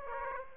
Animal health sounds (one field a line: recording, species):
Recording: mosquito wingbeat signal from an infrared sensor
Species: Aedes aegypti